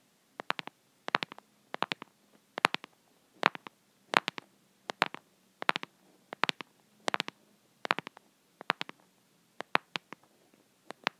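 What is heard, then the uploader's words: Fake fingernails tap on a small plastic plant pot in quick clusters of two or three sharp clicks, repeating roughly every three-quarters of a second. The taps are bright and crisp, with a faint low hum underneath. Tapping on a small plastic pot plant with press-on nails. Plastic pot plant tapping with fake nails.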